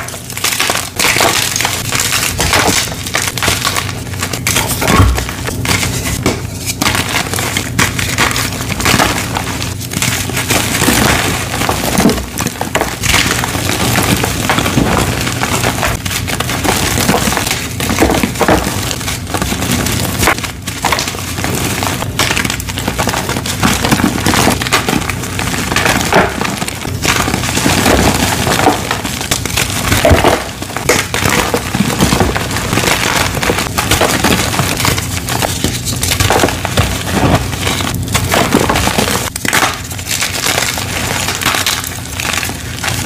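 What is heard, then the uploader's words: Dyed gym chalk and soap flakes being crushed and crumbled close up, a dense, steady run of crisp crunching and gritty crackling with no pauses. Frequent sharp snaps punctuate the grinding throughout, over a faint low hum. An ASMR crushing compilation of Zote soap flakes filled gym chalk bombs, dyed gym chalk, and Zote gym chalk reforms.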